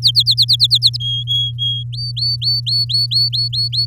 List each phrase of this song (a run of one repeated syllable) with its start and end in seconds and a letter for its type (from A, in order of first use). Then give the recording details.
0.02-0.97 A, 1.00-1.83 B, 1.93-3.86 C. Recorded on 6 May 2018 at 18:10. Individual llb16